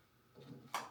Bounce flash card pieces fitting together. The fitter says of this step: lock that into place.